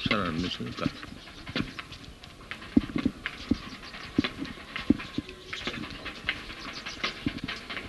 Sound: rattling sound

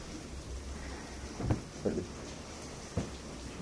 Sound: people moving around and finding sitting places

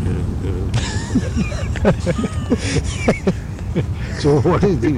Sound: imitating monkey; laughter

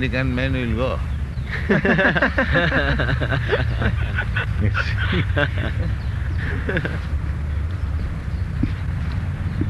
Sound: laughter

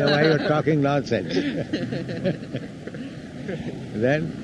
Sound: laughter

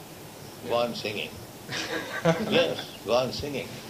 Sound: laughter

